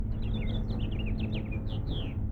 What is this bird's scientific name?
Haemorhous mexicanus